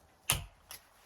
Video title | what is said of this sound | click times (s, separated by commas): Rebuilding My Bag: Part 1 | wait for the click | 0.3 s